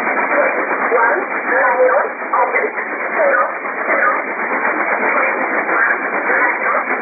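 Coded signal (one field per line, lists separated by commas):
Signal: numbers station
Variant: E11 Oblique, English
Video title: 09 12 2017 Numbers station E11 Oblique in English to Eu 0805 on 7377 unknown tx site in USB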